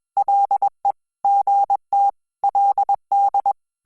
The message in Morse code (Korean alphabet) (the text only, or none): 가 서 그